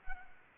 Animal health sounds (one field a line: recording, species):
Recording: mosquito wingbeat signal from an infrared sensor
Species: Anopheles arabiensis